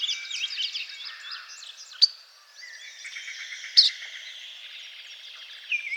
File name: Blue Grosbeak - Passerina caerulea